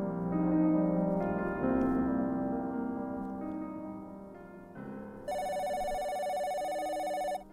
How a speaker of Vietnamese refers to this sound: Trời nhá nhem tối, chuông điện thoại ở cửa hàng ga vang lên. Lại là một cuộc gọi đặt ga.